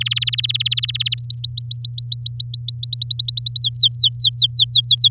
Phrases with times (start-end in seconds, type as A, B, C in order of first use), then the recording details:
0.00-1.14 A, 1.18-2.80 B, 2.83-3.61 C, 3.62-5.08 D. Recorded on 6 May 2018 at 11:19. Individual llb16